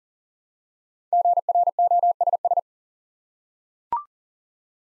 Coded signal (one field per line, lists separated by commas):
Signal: Morse code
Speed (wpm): 38 wpm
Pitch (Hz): 700 Hz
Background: none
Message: GROSS